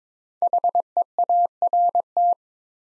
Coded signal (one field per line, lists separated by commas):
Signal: Morse code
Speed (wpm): 22 wpm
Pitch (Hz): 700 Hz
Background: none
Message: HEART